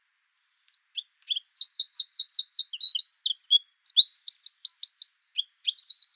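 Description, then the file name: Eurasian wren song: a long, loud outpouring of shrill warbled notes and rapid trills, with several changes of pace and no other sounds. "Troglodytes troglodytes"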